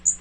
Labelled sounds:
Magnolia Warbler flight call

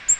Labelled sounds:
Black-throated Green Warbler flight call

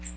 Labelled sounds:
Magnolia Warbler flight call

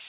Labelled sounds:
Blackpoll Warbler flight call

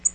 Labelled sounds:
Tennessee Warbler flight call

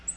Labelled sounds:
Black-throated Green Warbler flight call

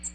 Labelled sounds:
American Redstart flight call

